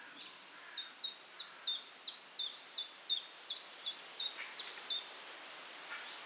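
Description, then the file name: Common chiffchaff song: a steady run of many sharp, high, downslurred notes over soft background hiss. "Zilpzalp - Common Chiffchaff - Phylloscopus collybita"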